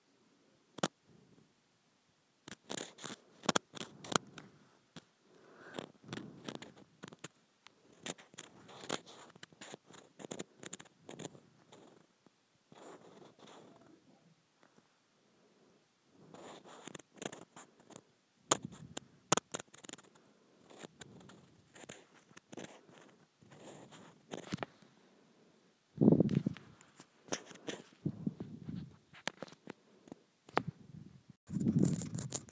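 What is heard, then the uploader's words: Fingernails scratch across tiny grooved plastic in crisp bursts of rapid ticking clicks, with short pauses between strokes. The scraping is bright and dense, and a few heavier, louder scrapes around the 26 and 32 second marks add a low thud. Scratching Tiny Grooved Plastic.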